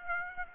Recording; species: mosquito wingbeat signal from an infrared sensor; Aedes aegypti